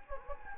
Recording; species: mosquito wingbeat signal from an infrared sensor; Anopheles gambiae